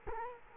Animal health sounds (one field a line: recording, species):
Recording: mosquito wingbeat signal from an infrared sensor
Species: Culex quinquefasciatus